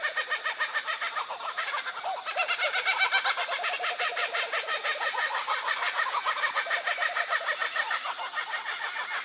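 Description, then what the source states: Laughing kookaburra laughing call, dense rapid hoots and cackles, loudest about a third of the way in and staying busy to the end. Call sounds very much like laughter.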